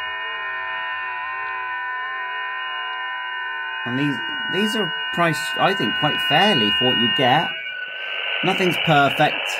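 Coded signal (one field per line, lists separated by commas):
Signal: FT8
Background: speech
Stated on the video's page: FT8 received on a Xiegu X6200 transceiver running firmware V1.07.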